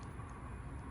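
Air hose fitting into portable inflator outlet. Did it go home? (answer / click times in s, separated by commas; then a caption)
no / none. An air hose connector is being twisted onto the clip fitting on the outlet of an AUXITO portable electric inflator pump, heard as a steady low rumble with faint handling noise. The connector has not locked in yet, and nothing has clicked or seated within the clip.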